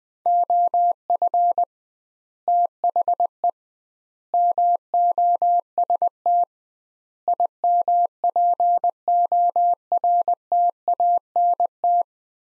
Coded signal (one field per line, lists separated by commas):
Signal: Morse code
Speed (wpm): 20 wpm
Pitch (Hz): 700 Hz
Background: none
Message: OF THE MOST IMPORTANT